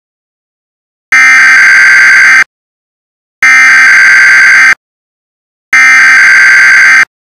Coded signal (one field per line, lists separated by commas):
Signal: Emergency Alert System (SAME) tones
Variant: header bursts